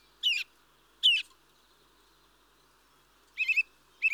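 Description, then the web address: Mistle thrush calls: two harsh, buzzy notes about a second apart, then after a pause two short bursts of quick warbled notes. "BBC Sound Effects Library Birds Mistle Thrush (Turdus Viscivorus)"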